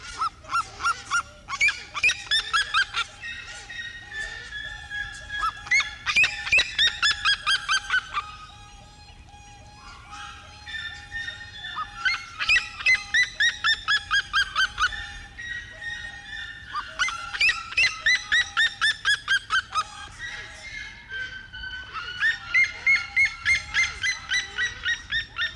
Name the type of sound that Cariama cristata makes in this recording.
call